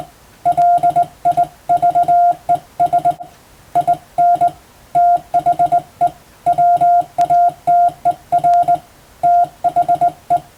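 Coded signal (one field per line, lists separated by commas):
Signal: Morse code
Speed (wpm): 21 wpm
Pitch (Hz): 700 Hz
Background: none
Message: LIVES IN THE WATER THE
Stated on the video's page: Morse practice sent for training toward the Japanese radiotelegraph operator exam's telegraphy test, using Western-language telegram practice texts; also suited to amateur receiving practice.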